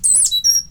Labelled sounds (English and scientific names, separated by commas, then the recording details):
Stitchbird (Notiomystis cincta) song
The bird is a male
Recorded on Tiritiri Matangi Island, New Zealand, in 2005
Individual 8, of nest box 10